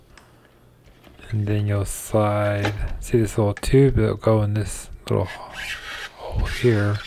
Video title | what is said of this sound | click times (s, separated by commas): Avoid Costly Mistakes: LG Fridge Door Removal & Replacement Guide | press the harness in until it clicks | 0.2 s